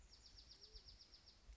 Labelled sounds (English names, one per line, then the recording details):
Bewick's Wren
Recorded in Sonoma County, California